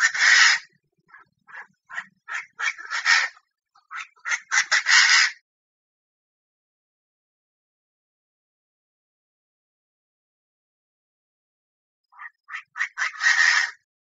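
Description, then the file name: Chinese francolin giving a series of harsh, grating calls for about five seconds, then a long silence before a shorter burst near the end. Female calling in Thailand. "tieng chim da da mai goi trong thai lan"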